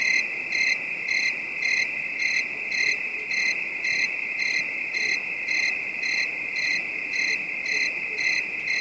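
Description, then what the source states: High, piercing cricket trill held steady while rhythmic chirp pulses beat about twice per second over a faint hiss. Night ambience; a calm, distant bed of high-pitched crickets.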